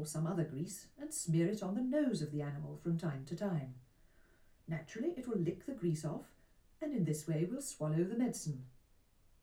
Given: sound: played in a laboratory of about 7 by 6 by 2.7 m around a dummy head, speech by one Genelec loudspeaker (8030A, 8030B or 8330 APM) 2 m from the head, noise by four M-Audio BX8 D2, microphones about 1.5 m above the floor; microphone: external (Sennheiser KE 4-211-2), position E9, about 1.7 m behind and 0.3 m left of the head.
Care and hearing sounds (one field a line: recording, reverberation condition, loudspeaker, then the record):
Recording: female speech in English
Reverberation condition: low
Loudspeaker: in front (0 degrees)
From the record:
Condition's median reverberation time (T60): about 310 ms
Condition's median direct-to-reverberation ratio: about 3.5 dB